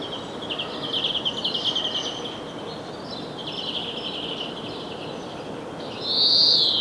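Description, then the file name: European greenfinch twittering with buzzy notes through most, then a loud drawn-out nasal wheeze near the end, over steady background hiss. "Chloris chloris"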